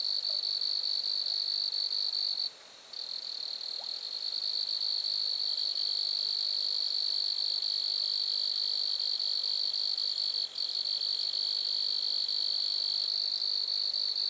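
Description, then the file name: Grasshopper stridulation: a continuous high pulsing trill with two brief pauses, one near the start and one past the middle, then carrying on. Lac-à-François, Montcerf-Lytton, Quebec, Canada. "criquets-grasshoppers- -lac-acc 80-franccca 7 ois-montcerf-lytton-quecc 81 bec-canada"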